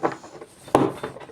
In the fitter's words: So you got a click